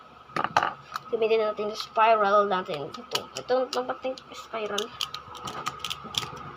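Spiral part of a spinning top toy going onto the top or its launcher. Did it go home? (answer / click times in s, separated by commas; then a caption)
no / none. Someone talks while fitting the spiral part of a knock-off spinning-top toy onto the top or its launcher during unboxing, with small handling knocks around 0.4–0.6 s and 5.7–6.2 s. The spiral part is not tight, and nothing has clicked into place.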